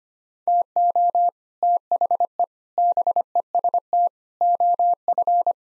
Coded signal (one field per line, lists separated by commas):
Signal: Morse code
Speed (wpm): 25 wpm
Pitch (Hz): 700 Hz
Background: none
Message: TO THE BEST OF